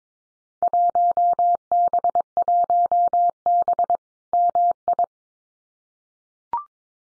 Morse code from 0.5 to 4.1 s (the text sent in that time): 1B1B